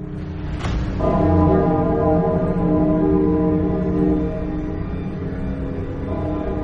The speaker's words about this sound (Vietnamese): tay giơ lên cây đại trung, nhẹ nhàng gõ lên một tiếng. Một tiếng chuông kêu, toàn bộ màu xám trắng lan tràn khắp thế giới.